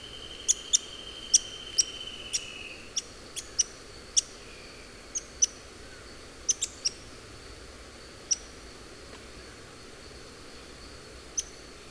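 Pink-legged graveteiro giving sharp, very high ticking notes at irregular intervals, becoming sparser, over a steady high insect-like hum, with a steady lower whistle at the start.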